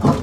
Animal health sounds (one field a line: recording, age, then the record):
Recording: pig call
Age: growing-finishing pig (85 days or more)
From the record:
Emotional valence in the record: positive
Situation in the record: run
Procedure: transit